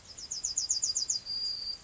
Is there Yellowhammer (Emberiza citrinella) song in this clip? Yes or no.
yes